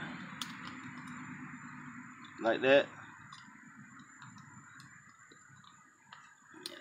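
The retaining clip on the back of a 2011 ProStar truck door handle is pried off while replacing a broken door handle. Someone talks briefly near 2.5 seconds over a steady background hiss, with a few faint ticks along the way. A sharp tick at 6.7 seconds marks the clip popping out and coming free.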